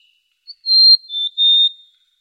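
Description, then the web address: Bird whistling one phrase: a short pip leading into three pure notes, the last two slightly lower, in near silence. Birds singing at night in the mountains in calm weather. "le chant des oiseaux la nuit dans les montagnes par temps calme"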